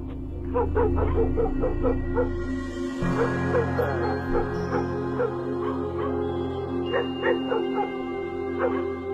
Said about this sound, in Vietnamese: Bên ngoài kia, bầy chó ở trong xóm tựa như cảm nhận được điều gì, cứ tranh nhau sủa lên nhấm nhặn.